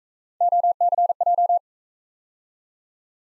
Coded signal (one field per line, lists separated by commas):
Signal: Morse code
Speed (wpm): 40 wpm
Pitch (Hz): 700 Hz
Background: none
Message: OCJ